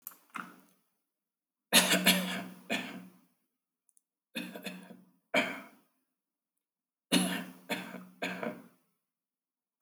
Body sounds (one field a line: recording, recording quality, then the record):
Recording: shallow voluntary cough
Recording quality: excellent, no background noise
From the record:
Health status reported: respiratory illness, not identified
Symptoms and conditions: hypertension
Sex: male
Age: 40 years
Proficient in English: yes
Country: India